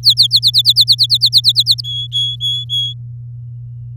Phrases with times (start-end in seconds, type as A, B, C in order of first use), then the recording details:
0.03-0.39 A, 0.42-1.81 B, 1.84-2.94 C. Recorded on 8 May 2018 at 15:27. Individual llb16